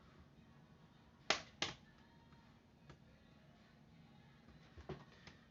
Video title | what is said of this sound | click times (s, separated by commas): Installing Linux on a Chromebook | pry this open that'll make little clicking sounds those are perfectly normal | 1.3 s, 1.6 s